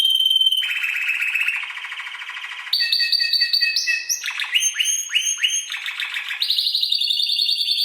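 Canary song: a continuous run of trills and rolls that changes every second or so, from low buzzy rattles to high clear notes and fast downward-sweeping chirps.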